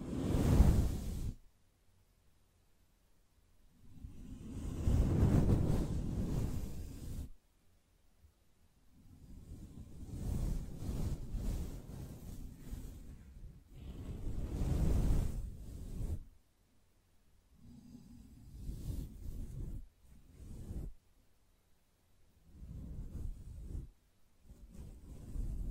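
Soft brushing comes in slow, swishing strokes, each lasting a few seconds and weighted toward a low, rounded hush with a light airy top. Near-silent pauses separate the strokes, which return roughly every four seconds at a fairly even, unhurried pace.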